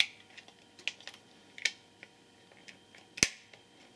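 Small plastic angle plates snap into place under the table stand of a Honeywell Evohome wireless thermostat controller to hold the display upright at a higher angle. Sharp snaps land at 0.0 s and 3.2 s, with fainter clicks and taps in between. The plates end up seated.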